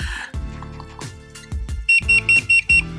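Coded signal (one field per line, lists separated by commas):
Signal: beep code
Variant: Boosted Stealth remote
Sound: five quick high-pitched beeps in a row, evenly spaced, after some low background sound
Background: music or room noise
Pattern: 5 short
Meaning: Board switched to mode 5, Hyper mode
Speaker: you hear that so five and five beeps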